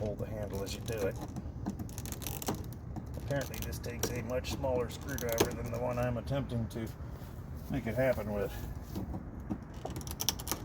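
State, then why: Released. A small screwdriver pries at the plastic retaining clip on the door handle rod of a Silverado while the handle is held, as someone talks over scraping and small clicks. The clip pops off with a sharp click at 10.3 s, releasing it from the linkage.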